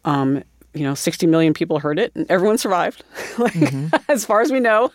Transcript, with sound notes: You know, 60 million people heard it and everyone survived (laughter). Like, as far as we know....